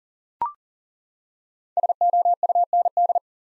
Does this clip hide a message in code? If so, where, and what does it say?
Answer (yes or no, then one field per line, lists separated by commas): yes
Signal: Morse code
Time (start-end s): 1.8-3.2 s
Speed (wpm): 40 wpm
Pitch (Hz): 700 Hz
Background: none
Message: SOUND